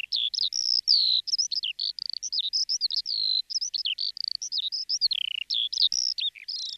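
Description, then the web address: Bird song of rapid, varied high whistled and chirping phrases, sweeping up and down, delivered in quick bursts with short gaps throughout. "Звуки Птицы"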